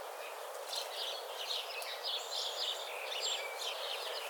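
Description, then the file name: House sparrow chirps, quick bright notes tumbling one after another in a busy chatter over a steady background hiss. "Passer domesticus"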